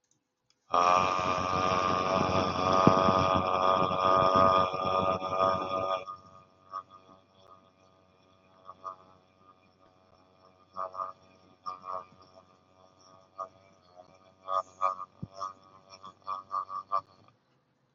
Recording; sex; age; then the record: vowel held as long as possible; male; 30 to 39 years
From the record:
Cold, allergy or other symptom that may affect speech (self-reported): no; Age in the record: 32 years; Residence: Texas, United States